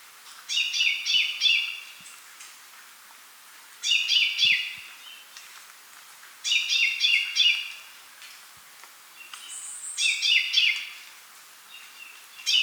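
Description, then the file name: Common chaffinch song: four short bursts of rapid, bright repeated notes, each about a second long, coming roughly every three seconds, and the start of a fifth at the end, over a soft hiss. "Fringilla coelebs"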